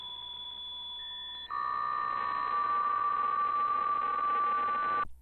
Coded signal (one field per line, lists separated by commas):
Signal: PSK63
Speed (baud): 62.5 baud